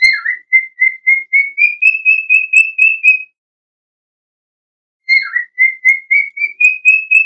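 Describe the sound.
Bird song of a down-slurred opening note followed by a long string of fast, regular whistled notes rising in pitch, repeated after a pause.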